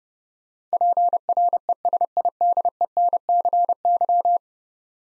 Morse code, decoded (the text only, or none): PRESIDENCY